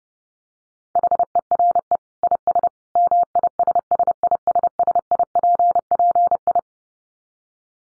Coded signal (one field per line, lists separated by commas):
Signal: Morse code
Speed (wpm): 30 wpm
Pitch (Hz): 700 Hz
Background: none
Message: HERE IS MISSISSIPPI